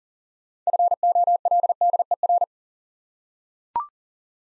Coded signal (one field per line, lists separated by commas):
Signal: Morse code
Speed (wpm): 40 wpm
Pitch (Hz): 700 Hz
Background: none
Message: FOLDER